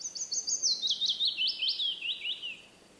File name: piecuszek Phylloscopus trochilus